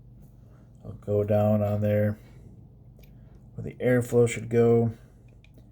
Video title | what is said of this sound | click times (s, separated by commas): Barrage rda review | It kind of locks into place. | 5.4 s